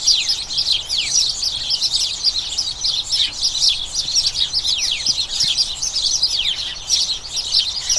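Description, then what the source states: House sparrows chatter nonstop, a bubbling mass of short, high cheeps and chirrups from many birds together. A colony of about a dozen house sparrows chattering incessantly in a small front garden as crocuses bloom, turning their thoughts to the breeding season.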